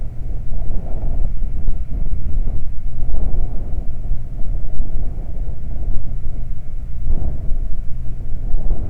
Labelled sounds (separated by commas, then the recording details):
wind, man-made sound
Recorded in the Prudhoe Bay oil fields, Alaska, on 12 July 2019 at 00:05
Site 29